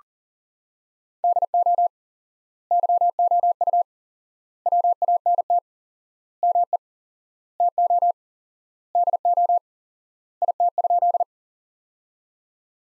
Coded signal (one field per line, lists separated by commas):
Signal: Morse code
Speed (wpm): 40 wpm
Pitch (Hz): 700 Hz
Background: none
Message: DO YOU WANT ME TO DO IT?